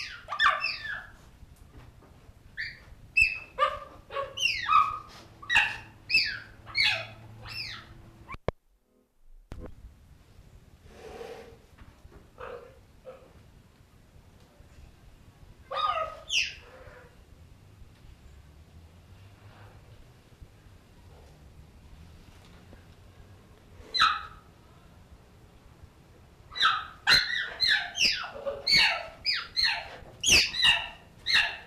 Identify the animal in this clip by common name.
Cheetah